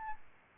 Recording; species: mosquito wingbeat signal from an infrared sensor; Aedes albopictus